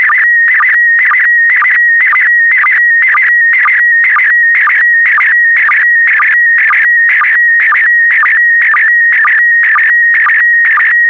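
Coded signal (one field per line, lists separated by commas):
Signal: SSTV (slow-scan television)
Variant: PD120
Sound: warbling electronic tone with a short low chirp about twice a second, steady rhythm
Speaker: the next image transmission will start in 10 seconds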